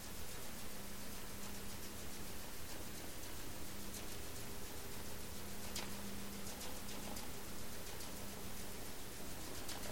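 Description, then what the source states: Sperm whale clicks, scattered sharp ticks with an intermittent droning vessel hum and a continuous low underwater rumble. Clicks, recorded by hydrophone in the Strait of Georgia on 27 March 2018, around 19:22 UTC.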